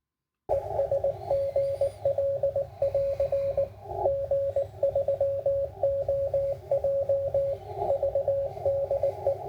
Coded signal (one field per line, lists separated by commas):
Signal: Morse code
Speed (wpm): 18 wpm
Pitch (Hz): 550 Hz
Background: radio noise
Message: ES GL <AR> G3OJV DE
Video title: 9:1 UnUn vs FLOATING ATU ANTENNA | Ham Radio